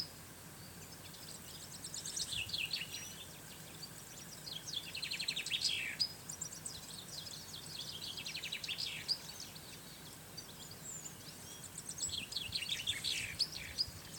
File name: Fringilla coelebs